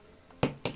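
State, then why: Not seated. An alternate sculpted plastic head for a NECA King Kong 1933 action figure is pushed onto the figure's neck peg, giving a faint tap at 0.3 s followed by two sharp knocks at 0.4 s and 0.7 s. The head does not hold on the neck joint and drops right off, and nothing has seated or clicked.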